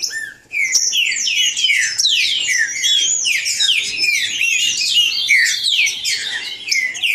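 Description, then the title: Green-winged Saltator bursts into song after a short quiet start, then pours out rapid, ringing whistled phrases, many notes overlapping in a lively unbroken stream. Bird named Nicão singing in the woods, in a song contest with a free wild bird. "Trinca Ferro NICÃ O No Mato Disputando Com Solto"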